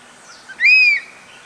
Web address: chant xeno-canto aigle tyran